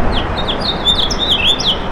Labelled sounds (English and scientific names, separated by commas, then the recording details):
House Finch (Haemorhous mexicanus) song
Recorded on Long Island, New York, on 27 June 2012
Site BE
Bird A